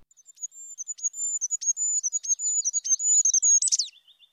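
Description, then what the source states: Goldcrest song: very high, thin, rhythmic see-sawing notes running for a few seconds and closing in a quick twittering flourish. Smallest bird in Sweden and Europe; seen in the lower branches of spruces.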